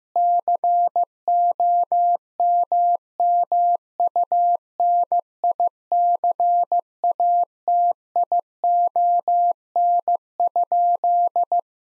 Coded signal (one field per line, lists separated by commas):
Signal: Morse code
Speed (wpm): 15 wpm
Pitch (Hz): 700 Hz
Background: none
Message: COMMUNICATION?